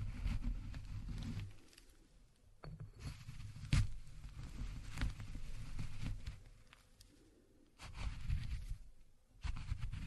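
Walnuts are ground by hand, giving a low, gritty rumble that comes in bursts with short pauses, the longest just before 2 seconds and near 7 seconds. Sharp cracks snap out around 3.7 and 5 seconds, and the grinding resumes firmly near the end.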